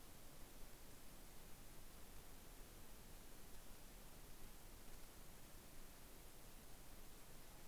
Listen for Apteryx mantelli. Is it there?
no